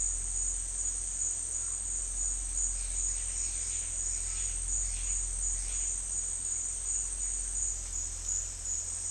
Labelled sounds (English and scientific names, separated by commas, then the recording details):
none
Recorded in dense forest near Puerto Asís, Putumayo, Colombia, on 21 December 2024 at 13:00
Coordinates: 0.467, -76.328
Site GP05